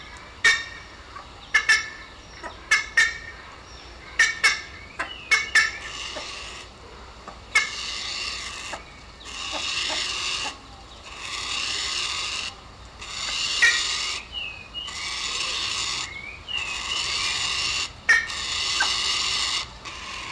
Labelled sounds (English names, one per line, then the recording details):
Black-faced Ibis
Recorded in captivity
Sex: diverse
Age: diverse
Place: Zoo Berlin, Berlin, DE
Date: 1997-08-19 11:07
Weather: 26-28°C, heiter
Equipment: Marantz CP 130, Mikro CE, Kopie Uher 4000 Report Monitor
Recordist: Tembrock, Günter